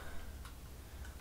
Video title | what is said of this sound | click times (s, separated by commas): Adapting Lenses to Micro 4/3 | it's in there, just click it and it locks into place. You heard it click. | 0.4 s